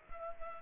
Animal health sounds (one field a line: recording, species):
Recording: mosquito wingbeat signal from an infrared sensor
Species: Culex pipiens